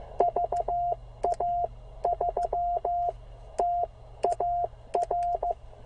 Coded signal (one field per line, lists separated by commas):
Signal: Morse code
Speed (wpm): 14 wpm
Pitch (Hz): 690 Hz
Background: none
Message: VA3TAR